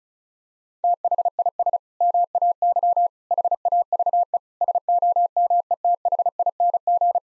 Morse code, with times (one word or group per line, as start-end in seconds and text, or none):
0.8-1.8 THIS
2.0-3.1 MAY
3.3-4.4 HAVE
4.6-7.2 SOMETHING